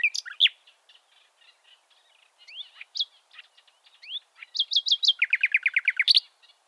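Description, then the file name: Common nightingale song, a varied run of rising whistles and scattered notes ending in a fast, loud repeated chatter. "Luscinia megarhynchos"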